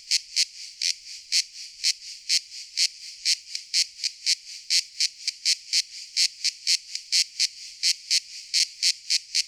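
Cicada's high rasping drone, rhythmically and rapidly pulsed without pause, no other sounds.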